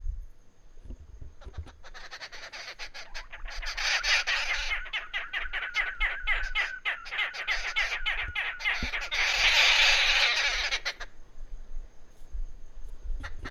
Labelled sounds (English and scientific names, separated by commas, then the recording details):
Arrow-marked Babbler (Turdoides jardineii)
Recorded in northern Uganda